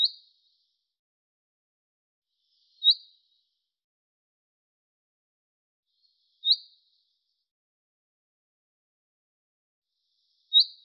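Bird gives a single short high chip roughly every three to four seconds, four calls in all, clean silence between them.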